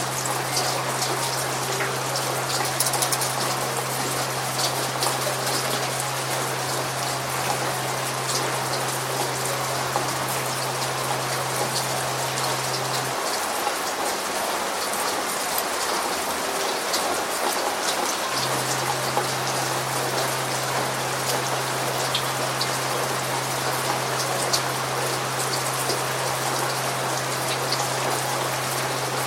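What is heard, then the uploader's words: Steady, dense rain patters evenly throughout, with bright drop ticks and a low constant hum that drops out between about 13 and 18 seconds. Relaxing Rain. Calming rain noises.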